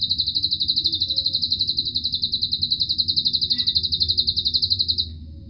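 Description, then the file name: Atlantic canary song: a sustained high trill of rapid even pulses running about five seconds before fading, over low background noise. Canary singing in the Cililin song style, used as fill (isian) material for training songbirds. "suara kenari isian cililin omkicau"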